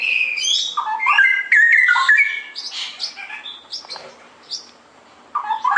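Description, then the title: Straw-headed bulbul giving a fast run of clear, liquid whistled notes that leap up and down, a pause with scattered high chirps, then another bubbly burst. Masteran (song-tutoring) recording for caged birds; the singer is described as ropel gacor, in clear quality. "mster Mnuk. Masteran Burung CUCAK ROWO Kualitas Jernih. Cucak Rowo Ropel Gacor"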